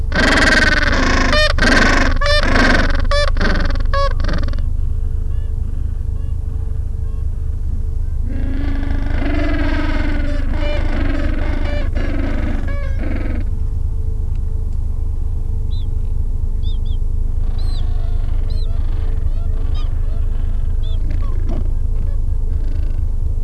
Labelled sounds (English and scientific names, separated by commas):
Gentoo Penguin (Pygoscelis papua)